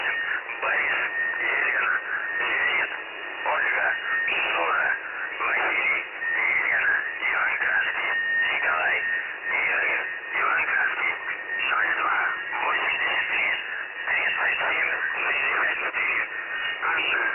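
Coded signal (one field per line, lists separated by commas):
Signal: numbers station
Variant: UVB-76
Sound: a male voice reading a message over narrow, noisy shortwave audio, with brief whistles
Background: radio static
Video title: The Buzzer/UVB-76 Voice Message (December 1, 2020 11:14 UTC)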